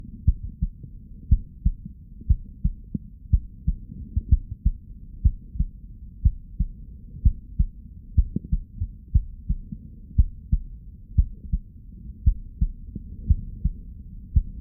Stethoscope Chest Heart Heartbeat Blood Flow.